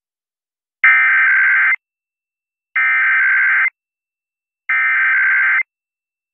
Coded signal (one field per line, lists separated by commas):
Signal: Emergency Alert System (SAME) tones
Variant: header bursts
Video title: KKLQ Double Weekly (EAS #11845-11846) 7/7/23